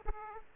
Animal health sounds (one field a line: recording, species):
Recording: mosquito wingbeat signal from an infrared sensor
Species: Aedes aegypti